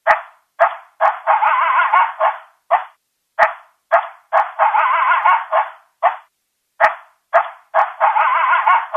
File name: Coyote